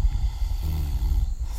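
A single low, rumbling snore from a 62-year-old man asleep outdoors, with a fluttering, buzzing tone in its middle, lasting under a second, set against steady low outdoor background noise. The pattern fits ordinary snoring during sleep.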